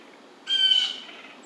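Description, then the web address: Blue jay giving a single harsh, drawn-out squawk lasting about half a second. Recorded 27 July 2009. "Blue Jay 2009 07 27"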